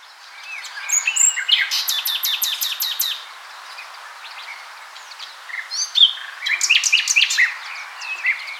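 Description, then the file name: Common nightingale song: a long run of rapid, evenly repeated hard notes, then a pause and another phrase of quick repeated notes with whistled accents. "Luscinia megarhynchos"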